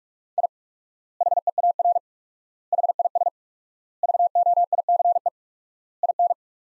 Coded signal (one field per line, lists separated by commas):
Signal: Morse code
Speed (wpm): 41 wpm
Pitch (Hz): 700 Hz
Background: none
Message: I HEAR HIS VOICE IN